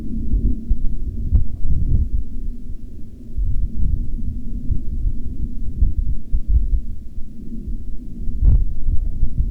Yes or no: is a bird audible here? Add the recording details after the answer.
no. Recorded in the Prudhoe Bay oil fields, Alaska, on 16 June 2019 at 19:13. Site 11